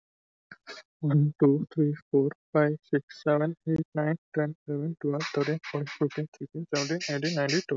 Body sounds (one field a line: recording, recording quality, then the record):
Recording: counting at a fast pace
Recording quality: excellent, no background noise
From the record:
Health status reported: healthy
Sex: male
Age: 22 years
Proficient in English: yes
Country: India